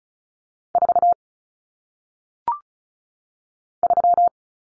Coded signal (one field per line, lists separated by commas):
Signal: Morse code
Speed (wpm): 35 wpm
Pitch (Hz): 700 Hz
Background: none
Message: 4 3